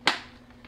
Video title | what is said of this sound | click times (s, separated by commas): Shark ZU62 Navigator Zero-M Self-Cleaning Brushroll Pet Pro Upright Vacuum, Pewter Grey Metalli | and then that clicks into place. | 0.1 s